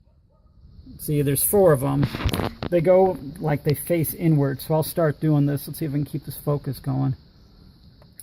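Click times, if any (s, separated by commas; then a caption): 8.2 s. Someone talks while working on an Audi A4 B6 cupholder, pushing a small plastic clip into its slot in the plastic housing. A sharp click is heard at 8.2 s as the clip seats in the slot.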